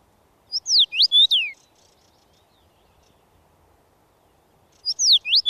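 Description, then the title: Common Rosefinch song: a brief phrase of sweet, slurred whistled notes, repeated once a few seconds later, with quiet in between. Male song, typically given from a conspicuous perch; heard in thickets, clearing regrowth and even lush gardens of residential areas. "Viikon luontoääni: Punavarpunen"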